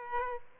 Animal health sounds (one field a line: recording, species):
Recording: mosquito wingbeat signal from an infrared sensor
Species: Aedes aegypti